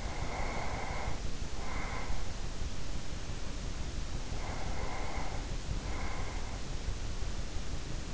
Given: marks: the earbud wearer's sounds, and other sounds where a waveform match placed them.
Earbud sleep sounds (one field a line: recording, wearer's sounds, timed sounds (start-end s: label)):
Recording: sounds in sleep by an in-ear microphone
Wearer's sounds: breath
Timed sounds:
0.00-2.56 s: breath
4.09-6.95 s: breath